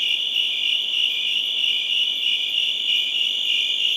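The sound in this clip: Crickets in a shrill, unbroken high trill that throbs slightly.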